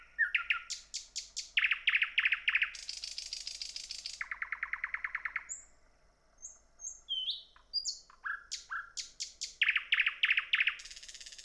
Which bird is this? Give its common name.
Thrush Nightingale